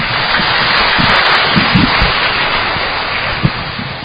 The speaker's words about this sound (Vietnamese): Vâng, chúng ta một tràng pháo tay nữa để cảm ơn các em áo xanh.